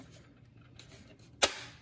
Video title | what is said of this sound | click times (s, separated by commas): VW Stereo Head Unit Multimedia Touchscreen Repair | click, 2 clicks. So I'm in. | 0.8 s, 1.4 s